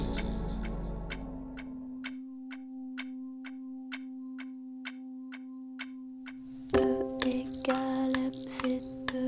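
Crickets chirp in a steady rhythm, about two sharp pulses a second, over a low sustained hum, before a louder, busier burst of sound takes over near the end.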